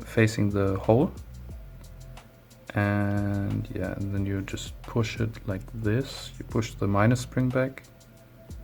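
A battery is pushed back against its minus spring while being fitted into the plastic holder in the top shell of a G305-based mouse mod kit, as someone talks over background music with a few faint ticks. Nothing has seated or clicked into the holder yet.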